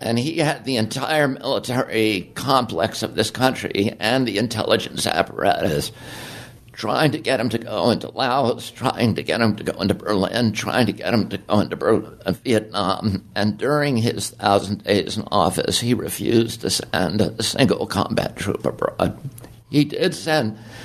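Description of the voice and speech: Strained, creaky, tight-sounding adult male voice with breaks in voicing, typical of spasmodic dystonia, which makes the voice tremble and sound effortful, particularly when he first starts talking. The disorder began at age 42 after a previously very strong voice; it usually improves as the voice warms up and is often worst in the morning.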